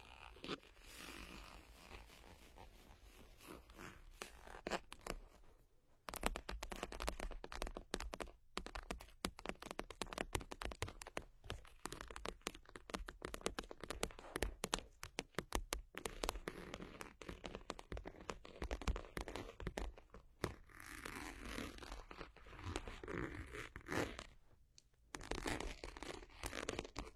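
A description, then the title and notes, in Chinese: Fingernails scratch and tap, making dense, rapid crackly strokes that sound bright and gritty across the whole clip. The scraping runs in bursts with brief pauses near 6, 8, 16 and 25 seconds. A faint low hum sits underneath throughout. 指甲刮擦 敲击。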